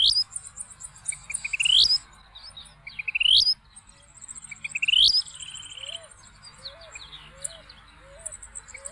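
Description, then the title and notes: Vermilion flycatcher giving sharp rising metallic phrases, ending in a high flourish, repeated about every one and a half seconds; high insect buzz and soft low calls behind. Migratory species arriving in spring to breed; male performs courtship flights, rising then descending with undulating flight, wings raised, giving a metallic "churrín"; often heard at night. "Churrinche (Pyrocephalus rubinus). emitiendo un metálico "churrín", que le da su nombre común. Suele escucharse de noche"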